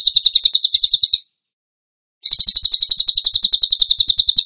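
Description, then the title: Bird song: a shrill, rapid series of repeated piercing notes, stopping for about a second and then resuming at the same fast pace. Masteran (training recording) song in the 'tembakan gacor' style, used to train other birds. "Masteran Burung Tembakan Gacor"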